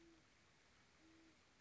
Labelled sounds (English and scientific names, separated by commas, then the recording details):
Great Horned Owl (Bubo virginianus)
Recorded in Sonoma County, California